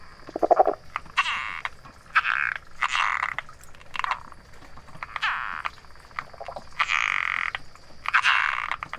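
Latouche's frog giving several rasping croaks at uneven intervals, with a constant faint high tone underneath.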